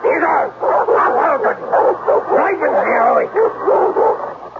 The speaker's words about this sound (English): Mr. Royston kept to himself, and Mr. Klumper seemed forever to be out of doors, roaming the property with his snarling dog.